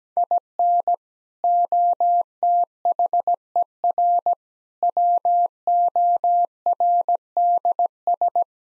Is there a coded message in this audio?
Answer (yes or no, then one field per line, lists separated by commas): yes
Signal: Morse code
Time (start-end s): 0.2-8.4 s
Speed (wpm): 17 wpm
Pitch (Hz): 700 Hz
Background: none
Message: IN OTHER WORDS